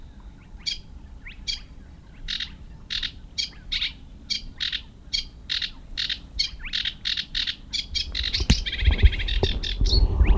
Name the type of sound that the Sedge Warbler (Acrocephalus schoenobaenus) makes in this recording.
song